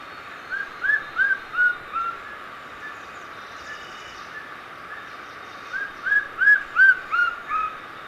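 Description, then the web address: White-streaked antvireo producing two bursts of quick whistled notes, a handful in each burst, separated by a few seconds of quiet background hiss. Recorded in Ecuador. "Birds of Ecuador 29 White-streaked Antvireo"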